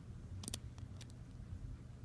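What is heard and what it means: A plastic Dexcom G5 continuous glucose monitor transmitter is pressed into the sensor pod on the skin, which must click twice. A sharp click at 0.5 s is the first of the two, followed by a few fainter ticks over a low steady hum. Only the first click has sounded, so the transmitter is not yet fully seated.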